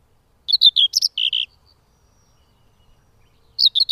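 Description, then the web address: Common whitethroat song: a quick, rasping warble of bouncy notes lasting about a second, then silence, then the start of another phrase. "Madardalok Mezei poszáta"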